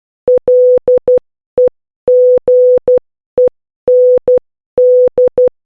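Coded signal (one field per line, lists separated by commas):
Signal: Morse code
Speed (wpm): 12 wpm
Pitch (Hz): 500 Hz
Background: none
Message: LEGEND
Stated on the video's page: Morse practice of letters a–n from a learning book.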